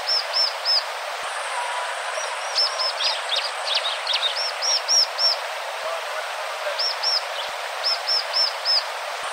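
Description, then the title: Bar-winged prinia song of repeated high, ringing arched notes in short series, interrupted by a run of quick scratchy chirps, with continuous hiss behind. "ciblek"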